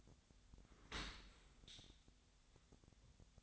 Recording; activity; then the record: daily activity, microphone in the room; open dishwasher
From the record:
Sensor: 3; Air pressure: 1006.6 hPa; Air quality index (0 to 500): 208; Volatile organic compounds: 19 ppm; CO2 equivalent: 2662 ppm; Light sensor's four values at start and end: 10/25/10/10 and 10/25/10/10